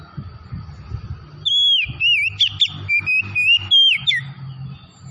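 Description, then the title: Oriental magpie-robin bursting into a string of bright whistled notes, some held and some quickly bending, after a second or so of low rumbling background. Tretes variety, singing vigorously (gacor). "Kacer Tretes Gacor"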